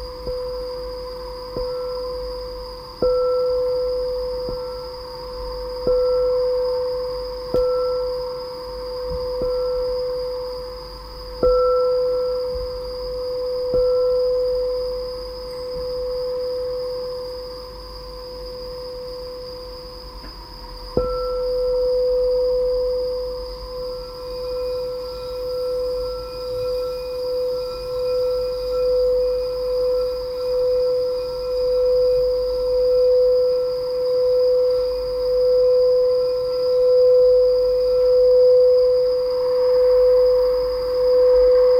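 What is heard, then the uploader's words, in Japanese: A crystal bowl rings with a clear, steady mid-pitched tone, struck every few seconds through the first half, then sustained in slow, even swells that grow louder toward the end. A thin, constant high insect whine sits behind it, with a faint low rumble. 昨夜、玄関側の廊下で聴こえた虫の声が素敵だったのでクリスタルボウルB音と合わせてみました。外側を叩いたり縁をクルクルなぞったり中を叩いたりと気ままに。クリスタルボウルの倍音がかなりカットされてる…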